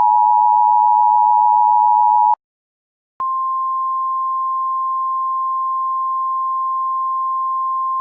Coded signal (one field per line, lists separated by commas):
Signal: Emergency Alert System (SAME) tones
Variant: 853 and 960 Hz attention tone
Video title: EAS Classic: Hansville Tornado Warning (Original Version)